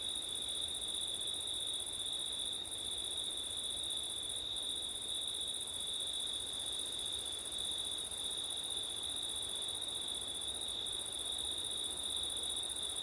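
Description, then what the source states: Unbroken cricket song, a shrill steady trill with a higher pulsing layer that drops out momentarily a few times, and soft wind in the background. Crickets on a windy September night; labelled ortif.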